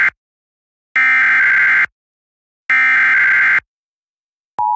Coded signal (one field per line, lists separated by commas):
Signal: Emergency Alert System (SAME) tones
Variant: header bursts